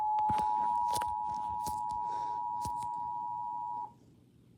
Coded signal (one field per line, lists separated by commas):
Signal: Emergency Alert System (SAME) tones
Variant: 853 and 960 Hz attention tone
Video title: EAS National Periodic Test (August 11, 2021) [REUPLOAD]